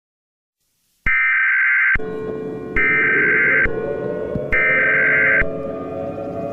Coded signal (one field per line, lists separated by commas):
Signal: Emergency Alert System (SAME) tones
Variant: header bursts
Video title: EAS Scenario - The Chaos of Santiago - Part 1